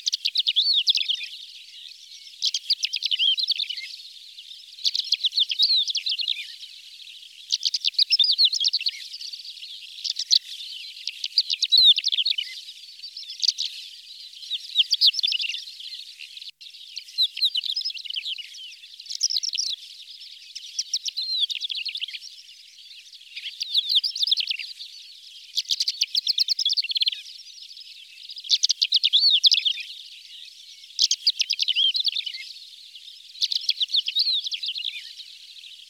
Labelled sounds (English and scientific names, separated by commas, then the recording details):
Greater Short-toed Lark (Calandrella brachydactyla) song
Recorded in the wild
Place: Sandwüste nordwestl. Astrachan, Kalmykia, RU
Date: 1995-05-21
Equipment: Dat-Recorder Casio DA 7, Telinga DAT, Telinga-Parabolspiegel
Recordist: Schwarz, Dieter